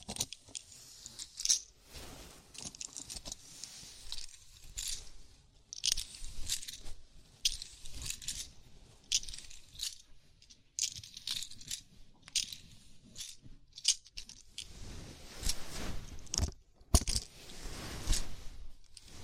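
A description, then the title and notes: A scalp massage with bright, crackly rubbing and scratching in irregular bursts, fingers working through hair, with brief quiet pauses between strokes. ASMR Sleepy Scalp Massage (No Talking).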